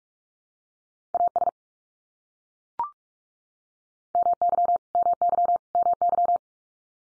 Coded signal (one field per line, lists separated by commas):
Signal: Morse code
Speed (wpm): 44 wpm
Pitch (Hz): 700 Hz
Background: none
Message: AS MY MY MY